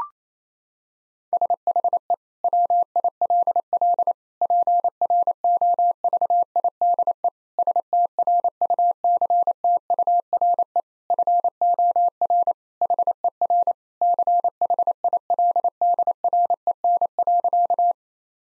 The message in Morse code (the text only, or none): SHE WILL PROVIDE STRUCTURE FOR HER CHILDREN.